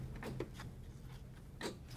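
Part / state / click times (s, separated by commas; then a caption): DDR4 memory module into motherboard DIMM slot / seated / 0.4 s, 1.6 s. A DDR4 memory module is pressed down into slot A1 on a Dell PowerEdge FC630 blade server motherboard until both retention tabs snap closed. Two sharp clicks sound at 0.4 s and 1.6 s over a low background hum. The two clicks confirm the module is fully seated.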